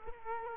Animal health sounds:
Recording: mosquito wingbeat signal from an infrared sensor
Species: Culex quinquefasciatus

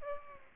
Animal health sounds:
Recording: mosquito wingbeat signal from an infrared sensor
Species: Aedes aegypti

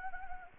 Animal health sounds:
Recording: mosquito wingbeat signal from an infrared sensor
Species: Anopheles gambiae

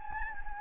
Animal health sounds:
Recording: mosquito wingbeat signal from an infrared sensor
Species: Anopheles gambiae

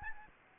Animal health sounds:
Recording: mosquito wingbeat signal from an infrared sensor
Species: Aedes albopictus

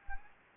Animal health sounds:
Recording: mosquito wingbeat signal from an infrared sensor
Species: Anopheles gambiae

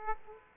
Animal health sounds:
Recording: mosquito wingbeat signal from an infrared sensor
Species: Aedes aegypti

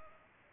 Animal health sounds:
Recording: mosquito wingbeat signal from an infrared sensor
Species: Culex pipiens

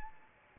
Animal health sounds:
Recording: mosquito wingbeat signal from an infrared sensor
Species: Anopheles arabiensis

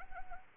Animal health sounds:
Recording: mosquito wingbeat signal from an infrared sensor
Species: Anopheles arabiensis

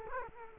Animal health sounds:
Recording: mosquito wingbeat signal from an infrared sensor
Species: Culex quinquefasciatus

